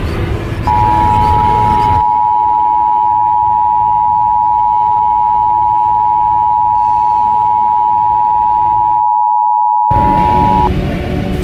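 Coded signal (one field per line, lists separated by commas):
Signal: Emergency Alert System (SAME) tones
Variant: 853 and 960 Hz attention tone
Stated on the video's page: Fictional EAS scenario for entertainment, possibly containing valid EAS tones.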